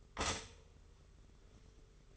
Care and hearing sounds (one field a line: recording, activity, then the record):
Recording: daily activity, microphone in the room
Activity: stop toaster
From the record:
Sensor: 4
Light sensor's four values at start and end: 17/54/20/20 and 18/59/22/22